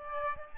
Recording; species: mosquito wingbeat signal from an infrared sensor; Aedes albopictus